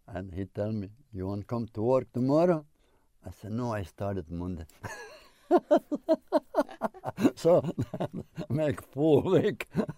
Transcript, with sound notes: And he tell me, you want to come to work tomorrow? And I said, No. I started Monday. (laughing hard) So make full week.